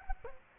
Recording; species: mosquito wingbeat signal from an infrared sensor; Culex quinquefasciatus